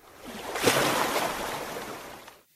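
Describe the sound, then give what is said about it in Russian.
A broad, rushing splash as someone falls into the cold night sea swells up quickly, churns steadily for a couple of seconds, then fades out abruptly into silence. No voices are heard. “Как раз в приключение, в холодное ночное море.”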